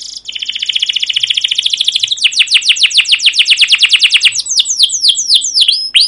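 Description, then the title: Canary song as a long, fast rolling trill of repeated chirps that slows into spaced, sharply descending whistled notes. Singing canary used as a lure to train other canaries; described as chirping with long rolling song. "CUIT CUIT NGEROL LANGSUNG GACOR PANJANG Kenari Ini AMPUH Utk Pancingan KENAR. Masteran Suara Burung Kenari Gacor Panjang cuit cuit Ngerol untuk Pancingan Kenari!"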